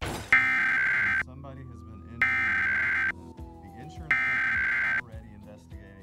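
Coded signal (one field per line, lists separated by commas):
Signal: Emergency Alert System (SAME) tones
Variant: header bursts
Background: speech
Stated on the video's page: Real 2023 national test broadcast on Tampa Bay TV stations, unedited, recorded from a streaming TV service.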